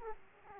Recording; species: mosquito wingbeat signal from an infrared sensor; Aedes aegypti